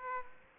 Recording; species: mosquito wingbeat signal from an infrared sensor; Aedes aegypti